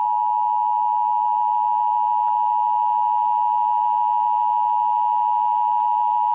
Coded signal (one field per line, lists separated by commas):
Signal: Emergency Alert System (SAME) tones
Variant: 853 and 960 Hz attention tone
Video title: EAS in Movies: "Die Hard"